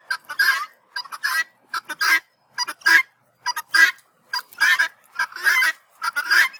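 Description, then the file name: Helmeted guineafowl calling: harsh, grating two- and three-part notes repeated in quick irregular bursts, about one burst per second, with silence between. Female (hen) call. "Guineahencall"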